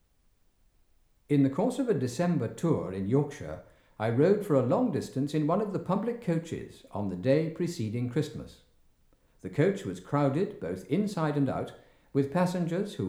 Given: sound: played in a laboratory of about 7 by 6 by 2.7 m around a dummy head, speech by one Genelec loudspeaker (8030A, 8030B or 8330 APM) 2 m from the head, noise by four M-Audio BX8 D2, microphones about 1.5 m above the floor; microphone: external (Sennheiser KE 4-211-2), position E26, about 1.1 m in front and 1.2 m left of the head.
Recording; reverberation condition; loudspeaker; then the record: male speech in English; medium; 60 degrees to the left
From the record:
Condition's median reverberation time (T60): about 510 ms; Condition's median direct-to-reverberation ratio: about -0.5 dB